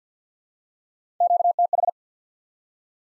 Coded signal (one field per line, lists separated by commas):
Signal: Morse code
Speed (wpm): 46 wpm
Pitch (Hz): 700 Hz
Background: none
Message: QTH